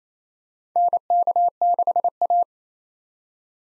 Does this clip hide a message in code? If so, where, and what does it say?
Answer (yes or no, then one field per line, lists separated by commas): yes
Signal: Morse code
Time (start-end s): 0.8-2.4 s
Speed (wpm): 28 wpm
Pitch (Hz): 700 Hz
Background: none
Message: NK6A